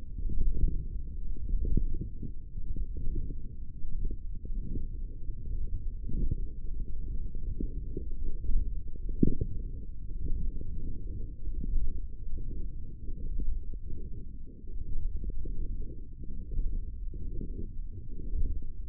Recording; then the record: forearm muscle sounds (acoustic myography)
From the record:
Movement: wrist flexion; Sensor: system 1, eight BSWA MPA416 microphones around the upper forearm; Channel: 5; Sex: male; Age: 23 years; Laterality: right